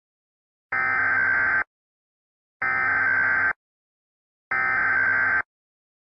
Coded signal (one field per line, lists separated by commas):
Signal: Emergency Alert System (SAME) tones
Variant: header bursts